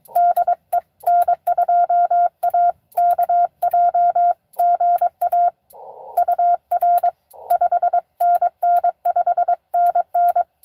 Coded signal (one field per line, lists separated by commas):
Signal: Morse code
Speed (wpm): 22 wpm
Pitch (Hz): 690 Hz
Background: none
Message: DE N2AKJ GA UR 5NN 5NN